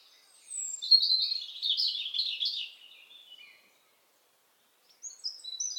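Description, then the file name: European robin song: a thin, jumbled phrase of high warbled notes lasting about three seconds, then silence before a few high tinkling notes resume. "Erithacus rubecula"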